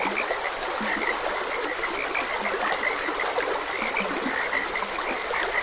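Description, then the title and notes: Frogs croak in quick repeated bursts, some lower croaks breaking through, over a trickling stream. Frogs croaking beside a gentle stream. "Gentle Stream and Frogs Croaking. Sleep and Relaxation Podcast"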